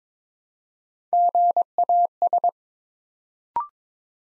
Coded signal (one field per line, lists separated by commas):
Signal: Morse code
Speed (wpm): 22 wpm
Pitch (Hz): 700 Hz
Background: none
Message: GAS